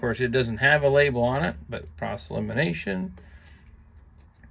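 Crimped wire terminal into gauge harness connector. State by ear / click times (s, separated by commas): not seated / none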